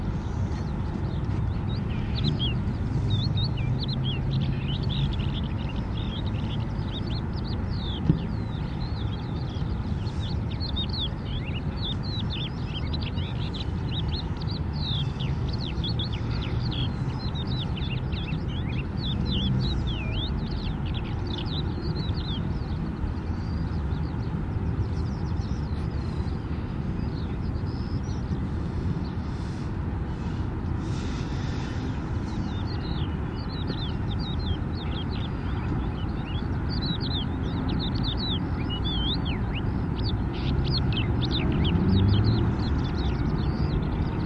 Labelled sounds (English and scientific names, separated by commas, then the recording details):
Crested Lark (Galerida cristata) song
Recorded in the wild
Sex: male
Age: adult
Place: Erlangen, Bayern, DE
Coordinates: 49.6014, 10.9833
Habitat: Ödland
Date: 1967-04-13
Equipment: Vollspur, Original
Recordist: Tretzel, Erwin